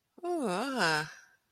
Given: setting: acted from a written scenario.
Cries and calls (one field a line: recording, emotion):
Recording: vocal sound without words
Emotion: interest